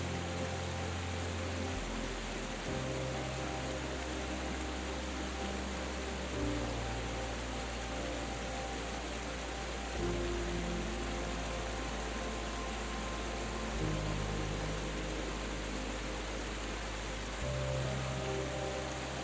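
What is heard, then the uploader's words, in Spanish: A gentle waterfall pours in a steady, dense rush that fills the whole range from low to bright. Beneath it, soft music moves through slow, sustained low chords that change every few seconds, while faint higher tones drift quietly above. Una CASCADA Apacible y una MÚSICA Suave. El murmullo apacible de una cascada se entrelaza con la dulzura de una melodía envolvente.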